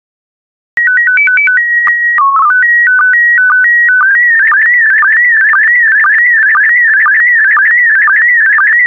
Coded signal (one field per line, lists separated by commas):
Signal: SSTV (slow-scan television)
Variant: PD 120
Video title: 13008 Flowers Volume I SSTV PD120